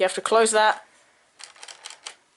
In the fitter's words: and lock it. So just letting you know, it locks into place.